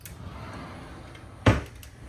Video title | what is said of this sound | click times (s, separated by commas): CELEBRITY ASCENT see INSIDE a CONCIERGE cabin | and it locks into place. | 1.5 s